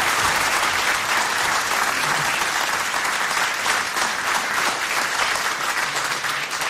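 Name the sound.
audience applause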